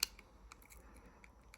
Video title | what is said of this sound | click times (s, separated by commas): Easy HM DCC, TWW Coreless motor, speaker and stay alive in TT:120 08, no cutting! | and once it's seated, it all pops into place, | 0.0 s